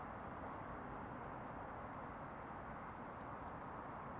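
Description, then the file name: Eurasian blue tit calling with a quick series of high, thin, slightly falling notes, clustered toward the end, above constant low-pitched background noise. "Cyanistes caeruleus"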